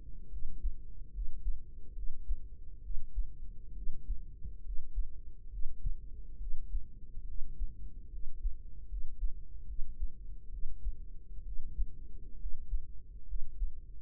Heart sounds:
heart sounds by microphone in the right ear; 69 bpm
0.28 s: heartbeat
1.10 s: heartbeat
1.92 s: heartbeat
2.80 s: heartbeat
3.72 s: heartbeat
4.61 s: heartbeat
5.48 s: heartbeat
6.36 s: heartbeat
7.23 s: heartbeat
8.08 s: heartbeat
8.86 s: heartbeat
9.64 s: heartbeat
10.48 s: heartbeat
11.42 s: heartbeat
12.36 s: heartbeat
13.24 s: heartbeat
From the record:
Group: healthy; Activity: rest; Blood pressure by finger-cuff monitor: 105/65 mmHg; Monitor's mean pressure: 77 mmHg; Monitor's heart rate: 69 bpm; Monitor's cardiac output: 5.6 L/min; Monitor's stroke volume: 79 mL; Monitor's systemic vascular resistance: 990 dyn s/cm5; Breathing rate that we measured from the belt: 16 breaths a minute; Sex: female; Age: 23 years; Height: 160 cm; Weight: 50.4 kg

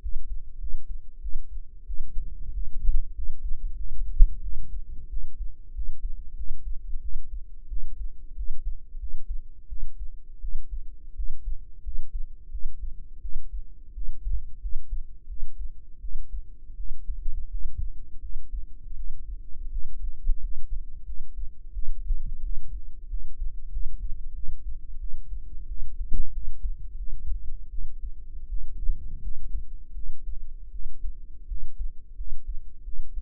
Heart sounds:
heart sounds by microphone in the right ear; 88 bpm
0.01 s: heartbeat
0.60 s: heartbeat
1.21 s: heartbeat
1.86 s: heartbeat
2.53 s: heartbeat
3.15 s: heartbeat
3.77 s: heartbeat
4.42 s: heartbeat
5.09 s: heartbeat
5.74 s: heartbeat
6.36 s: heartbeat
7.01 s: heartbeat
7.69 s: heartbeat
8.35 s: heartbeat
8.99 s: heartbeat
9.68 s: heartbeat
10.40 s: heartbeat
11.15 s: heartbeat
11.83 s: heartbeat
12.50 s: heartbeat
13.21 s: heartbeat
13.94 s: heartbeat
14.60 s: heartbeat
15.28 s: heartbeat
16.00 s: heartbeat
16.76 s: heartbeat
17.49 s: heartbeat
18.20 s: heartbeat
18.95 s: heartbeat
19.70 s: heartbeat
20.39 s: heartbeat
21.05 s: heartbeat
21.72 s: heartbeat
22.42 s: heartbeat
23.09 s: heartbeat
23.71 s: heartbeat
24.34 s: heartbeat
24.99 s: heartbeat
25.67 s: heartbeat
26.32 s: heartbeat
26.98 s: heartbeat
27.70 s: heartbeat
28.48 s: heartbeat
29.22 s: heartbeat
29.94 s: heartbeat
30.71 s: heartbeat
31.47 s: heartbeat
32.16 s: heartbeat
32.84 s: heartbeat
From the record:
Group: healthy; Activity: rest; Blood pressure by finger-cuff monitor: 106/54 mmHg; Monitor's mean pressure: 71 mmHg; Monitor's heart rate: 89 bpm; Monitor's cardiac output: 8.4 L/min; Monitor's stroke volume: 96 mL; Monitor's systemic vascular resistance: 590 dyn s/cm5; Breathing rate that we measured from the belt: 21 breaths a minute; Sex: female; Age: 19 years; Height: 163 cm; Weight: 48.9 kg

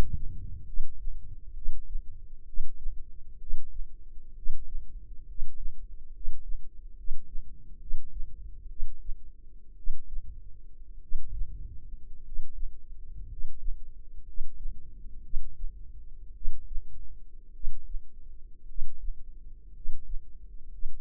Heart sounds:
heart sounds by microphone in the left ear; 60 bpm
0.64 s: heartbeat
1.53 s: heartbeat
2.44 s: heartbeat
3.37 s: heartbeat
4.33 s: heartbeat
5.25 s: heartbeat
6.11 s: heartbeat
6.94 s: heartbeat
7.78 s: heartbeat
8.67 s: heartbeat
9.74 s: heartbeat
10.99 s: heartbeat
12.21 s: heartbeat
13.26 s: heartbeat
14.23 s: heartbeat
15.21 s: heartbeat
16.32 s: heartbeat
17.51 s: heartbeat
18.65 s: heartbeat
19.71 s: heartbeat
20.68 s: heartbeat
From the record:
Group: healthy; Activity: rest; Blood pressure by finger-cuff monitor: 107/56 mmHg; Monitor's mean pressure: 70 mmHg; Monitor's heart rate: 65 bpm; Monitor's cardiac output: 5.6 L/min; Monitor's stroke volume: 87 mL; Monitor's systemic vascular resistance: 840 dyn s/cm5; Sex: male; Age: 25 years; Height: 170 cm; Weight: 70.4 kg

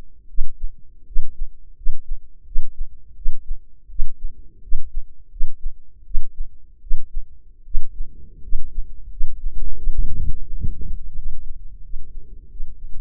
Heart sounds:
heart sounds by microphone in the left ear; 83 bpm
0.27 s: heartbeat
1.05 s: heartbeat
1.75 s: heartbeat
2.44 s: heartbeat
3.14 s: heartbeat
3.88 s: heartbeat
4.61 s: heartbeat
5.29 s: heartbeat
6.04 s: heartbeat
6.80 s: heartbeat
7.64 s: heartbeat
8.41 s: heartbeat
9.09 s: heartbeat
9.75 s: heartbeat
10.45 s: heartbeat
11.15 s: heartbeat
11.82 s: heartbeat
12.49 s: heartbeat
From the record:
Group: healthy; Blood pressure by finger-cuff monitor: 99/56 mmHg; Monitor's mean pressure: 69 mmHg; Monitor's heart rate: 82 bpm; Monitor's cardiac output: 7.3 L/min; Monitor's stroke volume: 89 mL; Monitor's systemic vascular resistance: 670 dyn s/cm5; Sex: female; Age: 22 years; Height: 157 cm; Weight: 47.6 kg

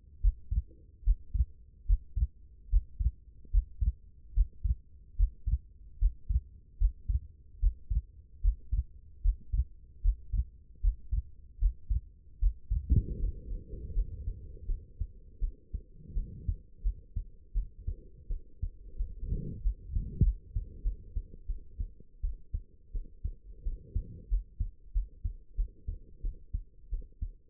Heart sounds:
heart sounds by stethoscope; 81 bpm
0.21 s: heartbeat
1.04 s: heartbeat
1.86 s: heartbeat
2.69 s: heartbeat
3.51 s: heartbeat
4.34 s: heartbeat
5.16 s: heartbeat
5.98 s: heartbeat
6.78 s: heartbeat
7.59 s: heartbeat
8.41 s: heartbeat
9.21 s: heartbeat
10.01 s: heartbeat
10.81 s: heartbeat
11.58 s: heartbeat
12.39 s: heartbeat
13.18 s: heartbeat
13.93 s: heartbeat
14.66 s: heartbeat
15.40 s: heartbeat
16.14 s: heartbeat
16.82 s: heartbeat
17.53 s: heartbeat
18.28 s: heartbeat
18.98 s: heartbeat
19.63 s: heartbeat
20.23 s: heartbeat
20.83 s: heartbeat
21.47 s: heartbeat
22.22 s: heartbeat
22.93 s: heartbeat
23.64 s: heartbeat
24.29 s: heartbeat
24.93 s: heartbeat
25.56 s: heartbeat
26.22 s: heartbeat
26.91 s: heartbeat
From the record:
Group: healthy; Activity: breath hold 0-18 s, rest 18-28 s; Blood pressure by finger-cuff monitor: 99/52 mmHg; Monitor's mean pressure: 70 mmHg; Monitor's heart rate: 76 bpm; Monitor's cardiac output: 7.5 L/min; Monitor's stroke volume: 97 mL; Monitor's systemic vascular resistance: 670 dyn s/cm5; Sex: female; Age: 22 years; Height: 161 cm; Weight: 65.5 kg

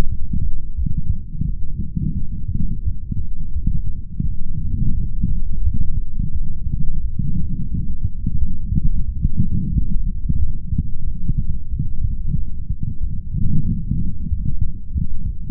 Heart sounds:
heart sounds by stethoscope; 89 bpm
0.08 s: heartbeat
0.76 s: heartbeat
1.45 s: heartbeat
2.14 s: heartbeat
2.83 s: heartbeat
3.53 s: heartbeat
4.23 s: heartbeat
4.94 s: heartbeat
5.63 s: heartbeat
6.32 s: heartbeat
7.02 s: heartbeat
7.71 s: heartbeat
8.38 s: heartbeat
9.06 s: heartbeat
9.73 s: heartbeat
10.39 s: heartbeat
11.05 s: heartbeat
11.71 s: heartbeat
12.36 s: heartbeat
13.00 s: heartbeat
13.65 s: heartbeat
14.29 s: heartbeat
14.93 s: heartbeat
From the record:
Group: healthy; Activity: light exercise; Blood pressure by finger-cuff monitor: 153/123 mmHg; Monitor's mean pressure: 134 mmHg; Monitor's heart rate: 86 bpm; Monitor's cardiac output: 3.9 L/min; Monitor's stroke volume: 43 mL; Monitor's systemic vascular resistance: 2630 dyn s/cm5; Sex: male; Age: 55 years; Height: 167 cm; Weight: 57.2 kg

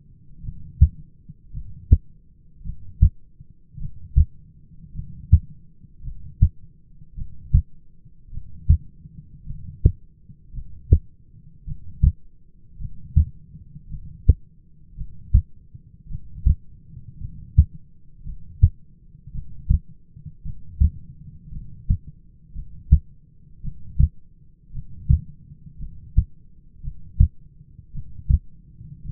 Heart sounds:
heart sounds by stethoscope; 55 bpm
0.43 s: heartbeat
1.52 s: heartbeat
2.64 s: heartbeat
3.79 s: heartbeat
4.94 s: heartbeat
6.03 s: heartbeat
7.16 s: heartbeat
8.31 s: heartbeat
9.45 s: heartbeat
10.53 s: heartbeat
11.66 s: heartbeat
12.79 s: heartbeat
13.89 s: heartbeat
14.96 s: heartbeat
16.09 s: heartbeat
17.19 s: heartbeat
18.24 s: heartbeat
19.33 s: heartbeat
20.44 s: heartbeat
21.51 s: heartbeat
22.53 s: heartbeat
23.62 s: heartbeat
24.72 s: heartbeat
25.78 s: heartbeat
26.82 s: heartbeat
27.93 s: heartbeat
29.04 s: heartbeat
From the record:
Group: heart failure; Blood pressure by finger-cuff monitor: 97/56 mmHg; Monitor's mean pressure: 69 mmHg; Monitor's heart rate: 54 bpm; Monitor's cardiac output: 6 L/min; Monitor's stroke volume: 111 mL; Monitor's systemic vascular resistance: 820 dyn s/cm5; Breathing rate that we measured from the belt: 15 breaths a minute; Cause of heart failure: dilated cardiomyopathy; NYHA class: 2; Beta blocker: bisoprolol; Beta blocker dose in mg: 10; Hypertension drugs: sacubitril-valsartan, spironolactone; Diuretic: furosemide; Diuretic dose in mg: 40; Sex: male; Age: 29 years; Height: 174 cm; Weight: 92 kg

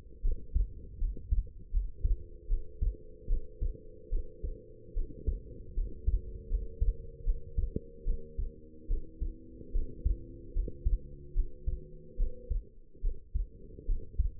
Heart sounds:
heart sounds by stethoscope; 75 bpm
0.22 s: heartbeat
0.99 s: heartbeat
1.71 s: heartbeat
2.48 s: heartbeat
3.28 s: heartbeat
4.10 s: heartbeat
4.94 s: heartbeat
5.75 s: heartbeat
6.49 s: heartbeat
7.24 s: heartbeat
8.05 s: heartbeat
8.88 s: heartbeat
9.72 s: heartbeat
10.54 s: heartbeat
11.34 s: heartbeat
12.17 s: heartbeat
13.02 s: heartbeat
13.86 s: heartbeat
From the record:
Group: healthy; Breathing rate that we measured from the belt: 13 breaths a minute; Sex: female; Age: 19 years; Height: 163 cm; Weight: 51 kg

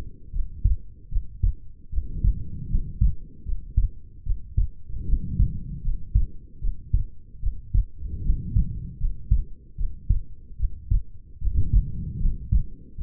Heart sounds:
heart sounds by stethoscope; 76 bpm
0.31 s: heartbeat
1.09 s: heartbeat
1.89 s: heartbeat
2.68 s: heartbeat
3.43 s: heartbeat
4.23 s: heartbeat
5.05 s: heartbeat
5.82 s: heartbeat
6.59 s: heartbeat
7.39 s: heartbeat
8.21 s: heartbeat
8.98 s: heartbeat
9.75 s: heartbeat
10.56 s: heartbeat
11.38 s: heartbeat
12.18 s: heartbeat
12.95 s: heartbeat
From the record:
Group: healthy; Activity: rest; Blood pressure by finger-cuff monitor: 115/82 mmHg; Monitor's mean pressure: 93 mmHg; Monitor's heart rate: 77 bpm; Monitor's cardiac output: 6.1 L/min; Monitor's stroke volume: 79 mL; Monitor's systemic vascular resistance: 1140 dyn s/cm5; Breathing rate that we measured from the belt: 20 breaths a minute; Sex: female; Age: 22 years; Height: 160 cm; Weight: 45 kg

